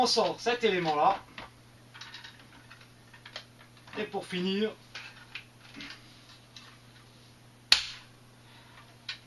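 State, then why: Seated. A transformation part of a large plastic robot toy is pushed into its slot in the toy's body while someone talks, with soft handling clicks in between. A sharp, loud plastic snap at 7.7 s seats the part, and it is properly engaged.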